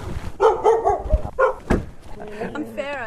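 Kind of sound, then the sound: animal, dog barking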